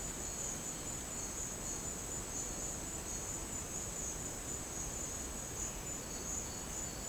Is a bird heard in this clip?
no